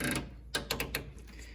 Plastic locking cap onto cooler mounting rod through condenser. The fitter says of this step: Now that locks it in so it doesn't move.